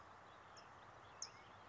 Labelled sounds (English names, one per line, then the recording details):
California Towhee
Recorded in Sonoma County, California